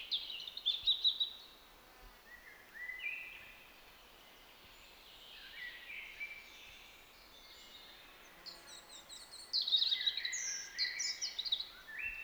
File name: Erithacus rubecula